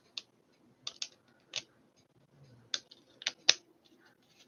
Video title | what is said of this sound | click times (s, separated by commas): LEGO Ford F-150 Raptor #3 - Build | that snaps right in | 3.5 s